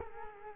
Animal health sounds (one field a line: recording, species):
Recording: mosquito wingbeat signal from an infrared sensor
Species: Culex quinquefasciatus